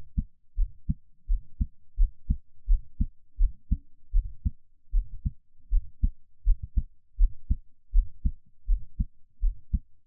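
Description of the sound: Steady paired low thumps of an adult's own heartbeat at about 81 beats a minute, heard close up as ASMR, with no talking.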